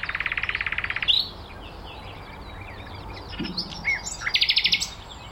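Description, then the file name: Common nightingale song opening with a fast even rattle of repeated notes for about a second, scattered soft notes, then another quick rattling run. "Luscinia megarhynchos"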